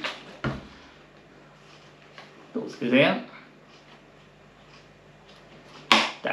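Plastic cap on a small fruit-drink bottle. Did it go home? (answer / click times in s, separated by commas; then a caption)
released / 5.9 s. Someone talks while shaking a small plastic fruit-drink bottle, then twists or pulls its plastic cap open. A sharp, loud click is heard at 5.9 s as the cap clicks open and is released.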